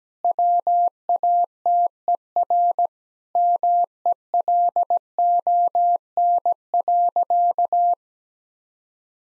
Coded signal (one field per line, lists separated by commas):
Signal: Morse code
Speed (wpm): 17 wpm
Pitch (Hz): 700 Hz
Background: none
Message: WATER MELON.